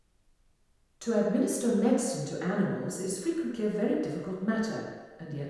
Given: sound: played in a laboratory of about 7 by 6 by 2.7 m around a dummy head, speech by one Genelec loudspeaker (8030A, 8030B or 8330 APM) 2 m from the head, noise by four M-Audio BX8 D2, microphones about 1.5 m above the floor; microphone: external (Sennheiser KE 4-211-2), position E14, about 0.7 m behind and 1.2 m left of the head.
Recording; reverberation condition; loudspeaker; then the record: female speech in English; high; 60 degrees to the left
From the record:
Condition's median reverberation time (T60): about 1300 ms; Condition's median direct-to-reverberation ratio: about -4.0 dB